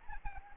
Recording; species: mosquito wingbeat signal from an infrared sensor; Anopheles arabiensis